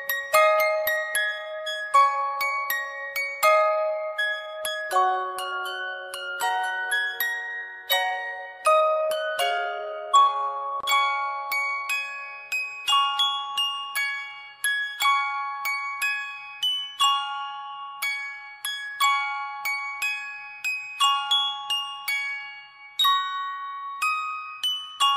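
A jack-in-the-box plays its tinkling, music-box tune of "Pop Goes the Weasel", each note plucked bright and clear with a short ringing decay. The melody repeats steadily throughout, high and thin with no low tones underneath and no other sounds.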